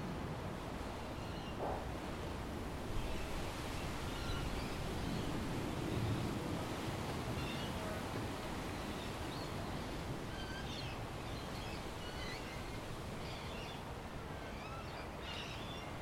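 Outdoors overlooking Tamarama Beach near Bondi, a steady, dense rush of noise fills the low and middle range without pause. Small bird chirps flicker brightly above it throughout, more frequent in the second half, while the overall level stays even.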